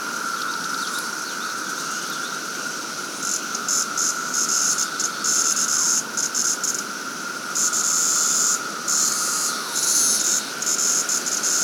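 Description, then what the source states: Periodical cicada chorus, a constant droning hum with loud intermittent high buzzing bursts above it. Cicadas on Siliskie Road at 10:06 AM on Memorial Day 2024.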